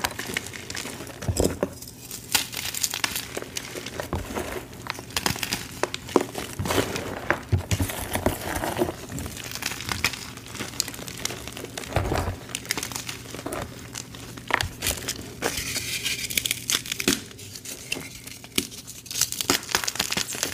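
Gym chalk blocks are crushed nonstop, a dense run of crackling, crumbling snaps and sharp bursts over a faint low steady hum.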